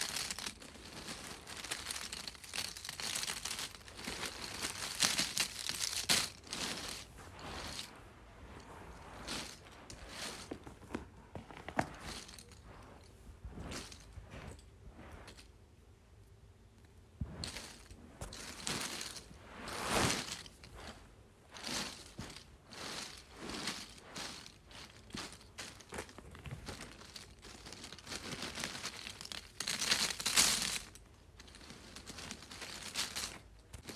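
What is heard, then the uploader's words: Small cardboard pieces are shuffled and handled in dense, irregular bursts of dry scraping and crinkling. Activity is busiest in the first ten seconds, eases to a quieter stretch around fifteen seconds, then picks up again with sharp rustles near thirty seconds. ASMR Shuffling Small Cardboard Pieces.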